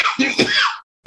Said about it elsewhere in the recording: This is like the first time my dad's coughed in a while. My now infrequent cough.